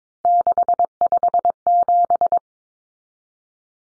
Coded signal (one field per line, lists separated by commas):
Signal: Morse code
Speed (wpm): 22 wpm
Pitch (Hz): 700 Hz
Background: none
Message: 657